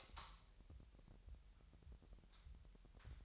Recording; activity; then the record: daily activity, microphone in the room; light on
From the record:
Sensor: 3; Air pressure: 1001.9 hPa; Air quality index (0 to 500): 249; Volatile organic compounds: 53 ppm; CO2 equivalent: 3333 ppm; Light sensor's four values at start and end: 5/12/5/5 and 11/33/13/12